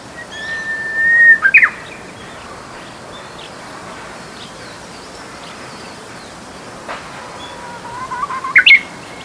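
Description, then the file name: Japanese bush warbler song twice: a sustained pure whistle ending in a quick, jerky flourish; the second phrase begins on a lower, slowly rising note. "uguisu"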